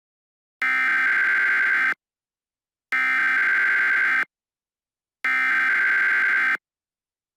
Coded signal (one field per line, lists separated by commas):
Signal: Emergency Alert System (SAME) tones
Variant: header bursts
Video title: "Jack virus": An EAS Mock Scenario